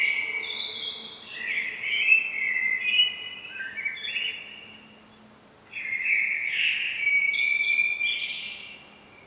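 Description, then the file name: Common blackbird song: a descending run of fluty whistled notes, a pause, then another warbled phrase with high squeaky additions. "Turdus merula"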